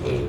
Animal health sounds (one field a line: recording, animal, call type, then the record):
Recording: contact call of a hoofed animal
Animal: pig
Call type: closed-mouth grunt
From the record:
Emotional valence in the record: positive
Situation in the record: food and toys in familiar pen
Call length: 0.29 s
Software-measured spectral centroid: 1630 Hz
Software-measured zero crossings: 990 a second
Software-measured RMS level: -24 dBFS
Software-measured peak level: -12 dBFS